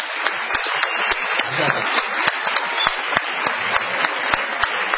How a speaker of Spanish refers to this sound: Vamos a decir que está aquí en la sala, está Santiago Segura, por allí. Vamos, creo, a aplaudir a Santiago Segura. Bienvenido, muchas gracias.